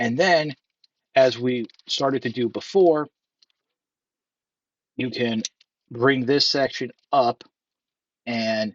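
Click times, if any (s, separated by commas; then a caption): none. Someone talks while handling a plastic body section of a transforming action figure, bringing the section up to fold it into place, with two faint, brief ticks at about 3.4 and 3.5 seconds during a pause. The clip ends before the part goes home; nothing has seated or clicked into place yet.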